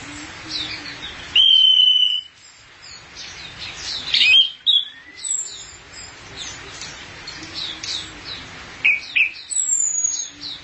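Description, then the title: Thrush song: loud, sharp whistled phrases separated by quieter stretches of soft twittering and faint chirps. "burung anis x"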